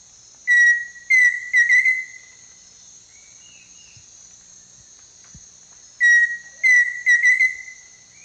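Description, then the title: Pheasant cuckoo song: two phrases of clear whistles, a steady note then several quicker whistles, separated by silence, over a constant high insect drone. "LuckyPassaro Completos2Sama. Pheasant Cuckoo (Dromococcyx phasianellus)"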